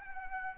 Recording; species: mosquito wingbeat signal from an infrared sensor; Anopheles arabiensis